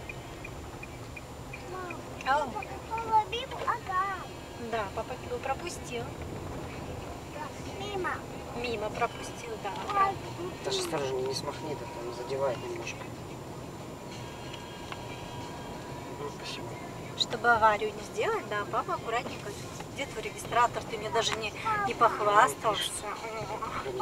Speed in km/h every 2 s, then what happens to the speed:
19, 26, 26, 31, 36, 39, 41, 41, 42, 41, 40, 38.
0-12 speeds up to 41. 12-24 steady at about 41.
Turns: none.